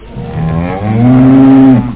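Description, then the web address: Cow mooing: one long, low, droning moo that rises a little in pitch partway through, then holds steady before stopping. "animals cow 1"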